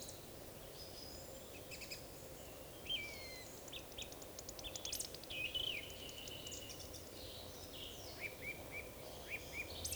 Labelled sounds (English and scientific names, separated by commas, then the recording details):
Eurasian Woodcock (Scolopax rusticola) whistle
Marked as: whistle, whistle, whistle
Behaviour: display flight
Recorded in Baden-Württemberg, Germany, on 11 June 2020 at 19:52 UTC
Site 41501, 195 m above sea level